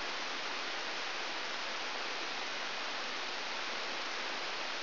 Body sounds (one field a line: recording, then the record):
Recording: brain microelectrode recording played as sound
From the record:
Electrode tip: outside the subthalamic nucleus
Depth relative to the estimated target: -4 mm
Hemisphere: right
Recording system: AlphaMap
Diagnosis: Parkinson's disease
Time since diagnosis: 13 years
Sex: male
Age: 63 years